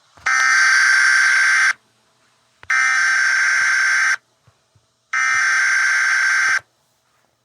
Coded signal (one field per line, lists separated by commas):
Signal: Emergency Alert System (SAME) tones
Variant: header bursts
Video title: EAS Scenario Hakleberry Rail Road Trains Out Of Control